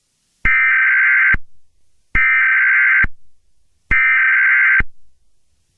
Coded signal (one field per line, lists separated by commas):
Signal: Emergency Alert System (SAME) tones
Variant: header bursts